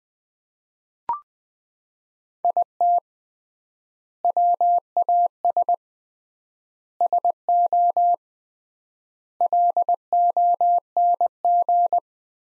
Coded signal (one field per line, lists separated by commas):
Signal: Morse code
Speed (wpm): 20 wpm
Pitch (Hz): 700 Hz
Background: none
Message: IT WAS SO LONG